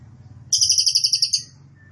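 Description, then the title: Cililin song: a single quick burst of high, buzzy, evenly pulsed notes lasting about a second, over a low steady hum. Birdsong used to train caged birds; song style named trorol, described as konslet and gacor. "Cililin AMPUH. Cililin Trorol Konslet Gacor Banget"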